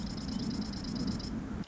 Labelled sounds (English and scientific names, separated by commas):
Marsh Wren (Cistothorus palustris)